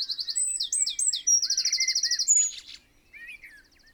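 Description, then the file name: Eurasian wren: an explosive run of rapid, high, bubbling notes and a rattling trill lasting about two and a half seconds, then faint chirps. "Troglodytes troglodytes"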